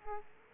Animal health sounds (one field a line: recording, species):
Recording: mosquito wingbeat signal from an infrared sensor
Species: Aedes aegypti